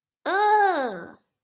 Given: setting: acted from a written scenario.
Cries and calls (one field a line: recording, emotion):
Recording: vocal sound without words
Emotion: disgust